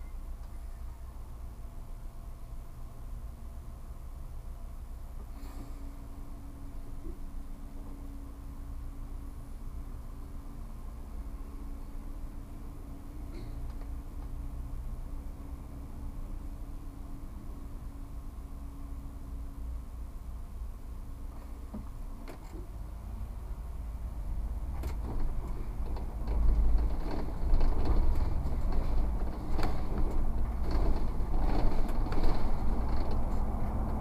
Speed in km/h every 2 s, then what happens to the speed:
0, 0, 0, 0, 3, 3, 2, 1, 0, 0, 0, 0, 18, 24, 31, 34, 41.
0-6 standing. 6-12 steady at about 2. 12-22 standing. 22-34 pulls away to 41.